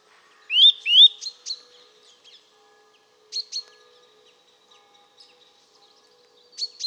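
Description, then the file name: Eurasian nuthatch giving two loud rising whistled notes, then short clipped notes in scattered groups with fainter high notes between. "Sitta europaea"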